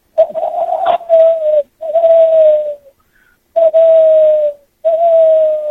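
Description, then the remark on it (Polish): A listener calling in imitates an owl with four long, mellow hoots at a steady mid pitch, each sagging slightly downward, separated by brief pauses. No one talks over it. “To chyba jest jakaś sowa. Taka trochę zmieszana ze smutną kukułką, bym powiedział.”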